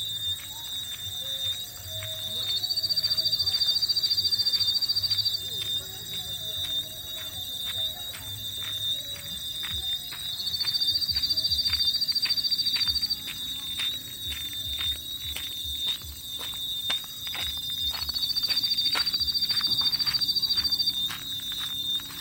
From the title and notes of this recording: Melodies and critters, Koforidua, Ghana. Repetitive melodious calls of insects in distinctive channels recorded at a roadside in the evening. Recorded on 6th March, 2022 in Binaural format. Recorded by Samuel Kudjodzi.